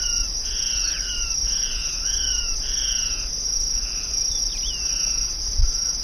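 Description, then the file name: Ocellated crake giving repeated short downslurred notes, with a loud continuous high-pitched insect hum behind. "Micropygiaschomburgkii"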